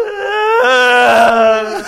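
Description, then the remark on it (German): A human voice imitates whale song, as the speaker imagines it, a whale swimming past you. It is one sustained, wavering, moaning tone that rises and then falls in pitch over about two seconds. It is fairly loud and alone, with no other talk. “Hast du eine Vorstellung davon, wie Walgesänge klingen? Nee, aber ich mach's mal kurz nach, wie ich mir vorstelle.”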